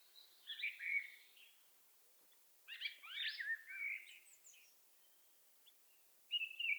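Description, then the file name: Common blackbird song: a fluty warble, then a busier, chattering phrase, then a short bright start after a pause, with no other clear sounds. "Turdus merula"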